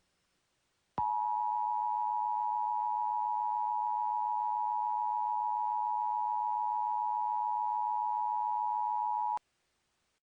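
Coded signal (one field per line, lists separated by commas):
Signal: Emergency Alert System (SAME) tones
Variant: 853 and 960 Hz attention tone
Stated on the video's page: Fictional EAS scenario.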